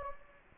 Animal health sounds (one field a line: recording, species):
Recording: mosquito wingbeat signal from an infrared sensor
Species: Anopheles gambiae